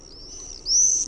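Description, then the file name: Common Swift giving a high, thin screaming trill that wavers briefly, then rises into a louder, sustained shrill scream toward the end. "TERVAPAASKY"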